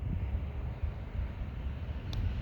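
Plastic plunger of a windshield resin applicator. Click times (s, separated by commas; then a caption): 2.1 s. While fixing a windshield chip with a Rain-X windshield repair kit, the plastic plunger of the resin applicator is worked to release trapped air. Over a steady low rumbling, windy background, a short sharp pop sounds at 2.1 s as the plunger clicks into position.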